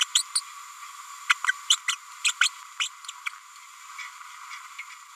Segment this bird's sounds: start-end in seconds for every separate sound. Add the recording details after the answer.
0.01-0.05, 0.15-0.23, 0.35-0.41, 1.29-1.34, 1.47-1.52, 1.70-1.76, 1.88-1.95, 2.24-2.31, 2.41-2.49, 2.79-2.88, 3.25-3.29. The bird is a female. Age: 30 days. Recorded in a nest box in Venezuela. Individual 17B102A6